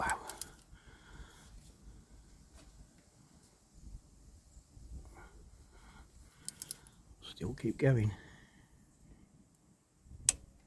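A torque wrench set to 11 Nm tightens the band adjuster on an Austin Ambassador automatic gearbox while someone talks, with ratcheting and scraping sounds along the way. At 10.3 s the handle slightly collapses and gives a sharp click, confirming the wrench has reached its setting.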